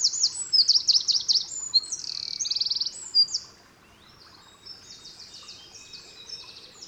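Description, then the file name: Eurasian wren singing a fast, high-pitched run of sharp chips and rattling trills for about three seconds, then quieter trilled phrases continuing. "Troglodytes troglodytes"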